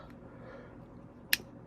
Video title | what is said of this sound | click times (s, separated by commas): Mk3 VW Cabrio Golf heater control disassembly and reassembly | here that little click and two | 1.3 s